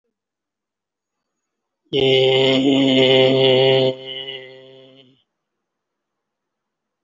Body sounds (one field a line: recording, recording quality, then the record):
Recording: sustained vowel as in made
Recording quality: excellent, no background noise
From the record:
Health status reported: respiratory illness, not identified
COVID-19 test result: negative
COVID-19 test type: RT-PCR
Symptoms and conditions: breathing difficulty, asthma, pneumonia, another respiratory illness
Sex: male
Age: 30 years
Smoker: no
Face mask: worn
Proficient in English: no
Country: India